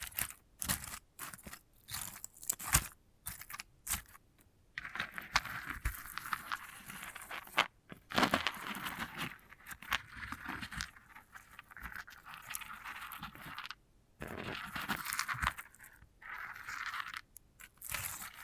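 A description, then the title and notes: Dry scratching and rustling from a sunflower head being handled, made of bright, crackly scrapes in short bursts. The first five seconds are choppy with frequent brief silences, then the scraping runs longer and denser, broken by a few gaps near 14 and 16 seconds. ASMR of a Sunflower Head (No Talking).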